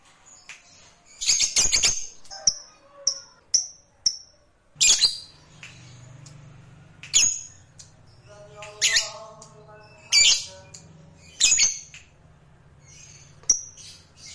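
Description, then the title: Lovebird calls: loud harsh shrieks at irregular intervals with a run of short whistled notes, and a low hum beneath later. Fighter lovebird. "Suara Lovebird FIGHTER NGEKEK PANJANG"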